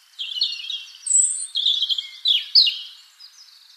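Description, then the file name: European robin pouring out a short, continuous run of high, liquid warbles and squeaky slurred notes. "Erithacus rubecula"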